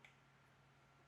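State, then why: Not seated. A flat duckbill nozzle attachment is being fitted onto the front of a Fanttik B11 Apex handheld electric blower, twisted toward an eighth-turn lock. Only a brief, faint handling tick at 0.1 s is heard over a steady low hum. The nozzle has not yet seated or clicked into place.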